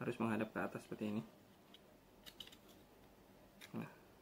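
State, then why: Seated. Someone talks while refitting an internal blowback part, facing upward, into the slide of a Tokyo Marui Hi-Capa Gold Match gas blowback airsoft pistol being reassembled with an EDGE light short-stroke blowback housing upgrade. After the talking stops, faint handling ticks lead to a sharp click at 2.4 s as the part locks into place, followed by a few more small ticks. Someone then starts talking again briefly.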